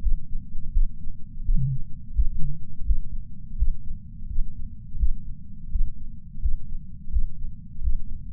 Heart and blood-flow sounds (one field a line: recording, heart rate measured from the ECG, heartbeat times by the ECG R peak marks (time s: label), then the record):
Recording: heart sounds by patch sensor on the chest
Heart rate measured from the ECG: 85 bpm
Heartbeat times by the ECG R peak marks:
0.72 s: heartbeat
1.43 s: heartbeat
2.14 s: heartbeat
2.85 s: heartbeat
3.56 s: heartbeat
4.27 s: heartbeat
4.97 s: heartbeat
5.70 s: heartbeat
6.40 s: heartbeat
7.10 s: heartbeat
7.82 s: heartbeat
From the record:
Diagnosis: coronary artery disease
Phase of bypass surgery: postoperative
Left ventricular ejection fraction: 53.3%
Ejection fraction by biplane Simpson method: 55.1%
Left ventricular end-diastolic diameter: 44 mm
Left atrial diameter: 43 mm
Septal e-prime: 6 cm/s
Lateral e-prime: 8.6 cm/s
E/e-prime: 11.9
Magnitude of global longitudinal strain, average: 15.4%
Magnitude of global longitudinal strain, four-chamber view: 16.2%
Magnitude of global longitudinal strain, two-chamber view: 15.5%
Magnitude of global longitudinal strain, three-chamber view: 14.5%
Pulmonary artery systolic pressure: 30 mmHg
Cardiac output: 3.65 L/min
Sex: male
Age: 64 years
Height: 175 cm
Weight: 85 kg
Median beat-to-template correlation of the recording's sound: 0.88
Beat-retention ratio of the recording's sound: 1.00